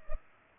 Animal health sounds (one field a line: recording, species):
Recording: mosquito wingbeat signal from an infrared sensor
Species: Culex pipiens